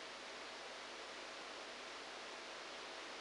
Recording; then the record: brain microelectrode recording played as sound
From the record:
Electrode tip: outside the subthalamic nucleus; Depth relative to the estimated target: -8 mm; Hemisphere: right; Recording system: NeuroSet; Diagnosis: Parkinson's disease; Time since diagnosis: 9 years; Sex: male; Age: 56 years